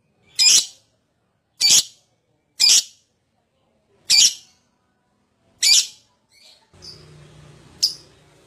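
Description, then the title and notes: Lovebird giving five sharp, harsh high chirps spaced a second or more apart, followed by a low hum and one more chirp. Adult lovebird in full song, described as gacor owor. "#5. LOVEBIRD GACOR OWOR OWOR. Lovebird Dewasa"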